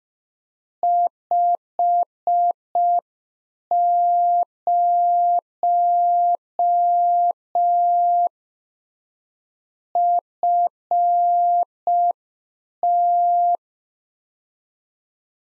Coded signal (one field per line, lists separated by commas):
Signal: Morse code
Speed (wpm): 5 wpm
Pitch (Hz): 700 Hz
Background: none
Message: 50 FT